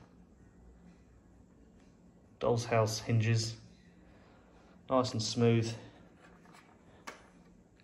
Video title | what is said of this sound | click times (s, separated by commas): Oh dear Another boring FMS SUZUKI JIMNY 1/6 | clicks into place. | 7.8 s